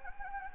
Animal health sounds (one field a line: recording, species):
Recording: mosquito wingbeat signal from an infrared sensor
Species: Anopheles gambiae